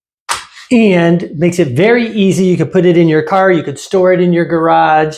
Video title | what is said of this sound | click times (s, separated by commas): Folding Scooter fun for for kids/teens/adults | you can lock them into place down here like this | 0.3 s